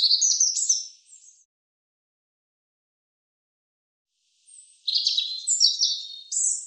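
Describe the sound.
European robin song: the tail of a phrase of high, sliding notes, a long silence, then a new tinkling, rapidly changing warbled phrase.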